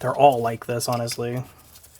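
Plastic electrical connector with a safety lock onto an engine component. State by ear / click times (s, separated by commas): not seated / none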